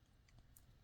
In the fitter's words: have them locked into place to form the engines